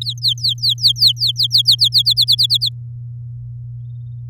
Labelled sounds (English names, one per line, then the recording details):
Domestic Canary song
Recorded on 8 May 2018 at 06:21
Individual llb16